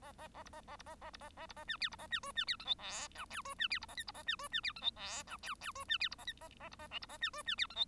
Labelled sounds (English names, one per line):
Bengalese Finch song